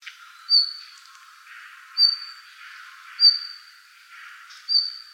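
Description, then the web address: Red-flanked bluetail calling, a thin high whistled note given four times, roughly every one and a half seconds, over a faint soft background hiss. Recorded on 3 February 2015. "birdenaga ruribitaki 150203"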